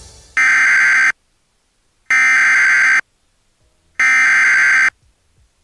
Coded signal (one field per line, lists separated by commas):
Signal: Emergency Alert System (SAME) tones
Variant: header bursts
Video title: EAS 246 - Special Marine Warning on @WeatherCraftProductions (Weather Craft TV)